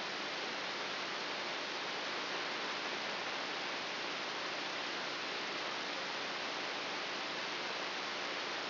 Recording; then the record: brain microelectrode recording played as sound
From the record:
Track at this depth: inside the subthalamic nucleus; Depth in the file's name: 2.204 mm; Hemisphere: right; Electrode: 3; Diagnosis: Parkinson's disease